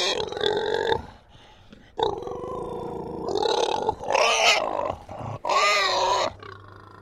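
Pig giving harsh squeals and grunting shrieks in uneven bursts, with short gaps between the rough, noisy outbursts.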